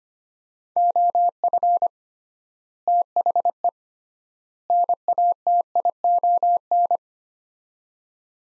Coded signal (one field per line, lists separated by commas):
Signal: Morse code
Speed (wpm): 25 wpm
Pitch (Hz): 700 Hz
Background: none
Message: OF THE NATION